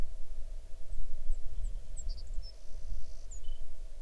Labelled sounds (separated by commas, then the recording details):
songbird
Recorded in the Arctic National Wildlife Refuge, Alaska, on 6 July 2019 at 00:56
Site 39